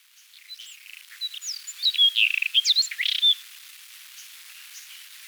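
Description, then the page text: White-throated robin song: a burst of rapid, varied whistles and scratchy chirps, then only faint hiss. "White-Throated Robin Song. Quick Sounds"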